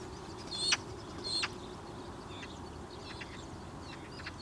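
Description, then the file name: Eurasian magpie giving two harsh, rasping chacks under a second apart, then several fainter calls over a steady low rumble. "Pica pica"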